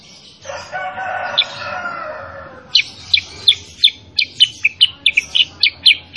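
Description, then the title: Sooty-headed bulbul song: after a steady harmonic droning sound, a brisk series of sharp, high chipping notes repeated several times a second until the end. Master (training) recording of a kutilang sutra in vigorous 'gacor' song, played so that other kept kutilang sutra answer and sing along. "Masteran Kutilang Sutra. Kutilang Sutra mana YANG GAK NYAUT dan IKUT BUNYI GACOR dengan suara Kutilang Sutra Super GACOR Ini"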